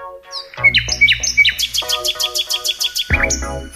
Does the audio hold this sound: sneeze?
no